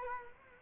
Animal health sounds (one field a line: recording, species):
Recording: mosquito wingbeat signal from an infrared sensor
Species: Culex quinquefasciatus